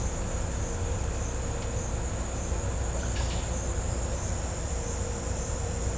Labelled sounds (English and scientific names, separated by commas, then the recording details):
none
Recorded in pastures near Puerto Asís, Putumayo, Colombia, on 16 December 2024 at 09:00
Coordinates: 0.502, -76.324
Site G077